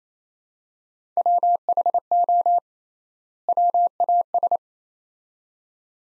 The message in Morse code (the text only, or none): WHO WAS